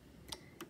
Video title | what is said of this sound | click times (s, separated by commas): Sew with me : Learning the basics for sewing on junk journals | it back into the slot with that knotch matching and you probably heard it click in then | 0.3 s, 0.6 s